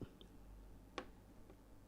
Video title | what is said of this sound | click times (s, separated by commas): Funnyplaying 4 Pixels in 1 IPS GBA Panel | There we go. You should feel it pop into place. | 1.0 s